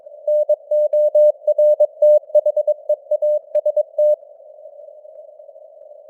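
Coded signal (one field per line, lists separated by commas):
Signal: Morse code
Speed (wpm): 22 wpm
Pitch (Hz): 600 Hz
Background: none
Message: NORTHEAST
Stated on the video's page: Morse news headlines at 22 wpm with simulated radio noise and varying signal strength (QSB).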